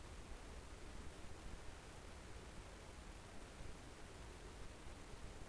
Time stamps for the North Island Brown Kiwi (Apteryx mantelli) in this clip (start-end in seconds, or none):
none